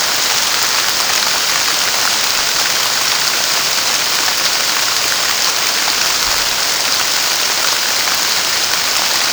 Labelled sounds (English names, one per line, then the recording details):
none
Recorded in pastures near Puerto Asís, Putumayo, Colombia, on 29 June 2025 at 13:00
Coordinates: 0.497, -76.327
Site G040